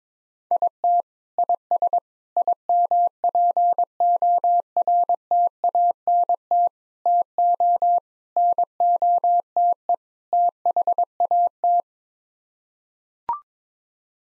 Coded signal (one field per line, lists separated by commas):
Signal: Morse code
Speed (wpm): 22 wpm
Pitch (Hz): 700 Hz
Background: none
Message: IT IS IMPORTANT TO NOTE THAT